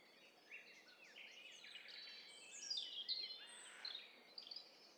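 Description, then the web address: Mixed high bird calls, warbles and twitters from several singers overlapping throughout, strongest past the midpoint. Several birds mixed together in stereo. "Hi Fi STEREO BIRD COCKTAIL PARTY Challenge SBCP TESTSET"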